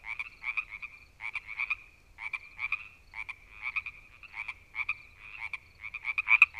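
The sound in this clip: Frog croaking calls, rapid rattling pulses in short bursts repeated in quick series, with a faint low rumble beneath.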